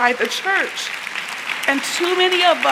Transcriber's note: applause